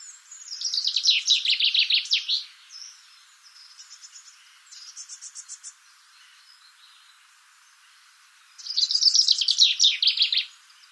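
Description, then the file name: Common chaffinch song: two loud descending trilled phrases at start and end, with softer buzzy notes between. "Fringilla coelebs"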